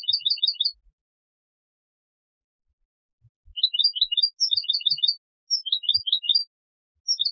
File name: Carduelis carduelis